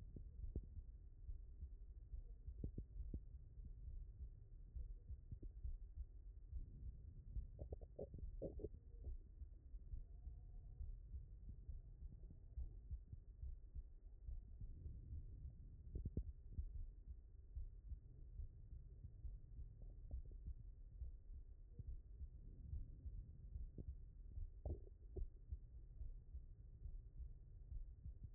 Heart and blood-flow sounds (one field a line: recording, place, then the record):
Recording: heart sounds by stethoscope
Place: mitral valve (MV)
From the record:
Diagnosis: non-HFrEF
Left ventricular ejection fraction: 62%